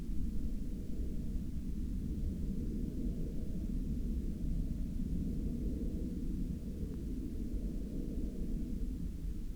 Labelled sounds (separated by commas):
aircraft